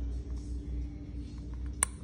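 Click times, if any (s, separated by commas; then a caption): 1.8 s. A steel wrist pin circlip is pushed with a pin into the groove of a piston's wrist pin bore, over a steady low hum. Faint taps come at about 1.5 and 1.7 seconds, then a sharp, bright metallic click at 1.8 seconds. Only the clip's opening end has clicked into the groove, not the whole clip.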